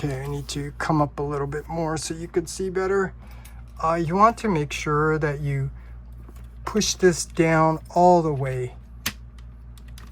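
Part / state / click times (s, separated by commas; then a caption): plastic slider connector into combiner toy / seated / 9.1 s. Someone talks while pushing a plastic slider connector down all the way into a Transformers Studio Series Devastator combiner robot toy. A sharp, loud snap at 9.1 s shows the piece seating in place, followed by a few smaller handling clicks.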